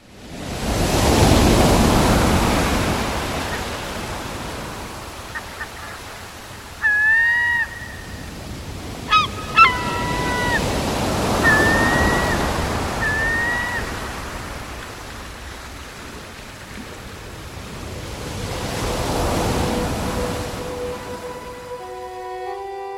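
Ocean waves wash onto the shore in slow, hissing surges that swell and fade about three times, with a few short high chirps heard between them.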